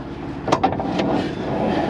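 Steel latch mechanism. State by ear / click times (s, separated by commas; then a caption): seated / 0.5 s. On a 2023 Ford Bronco Advanced Heritage Limited Edition 4X4 SUV, a metal piece freed by pulling a metal release-lever latch is slid back in, and it locks in place with a sharp metallic hit at 0.5 s, followed by a softer knock near 0.8 s. A steady low background noise runs throughout, and the latch ends up seated and locked.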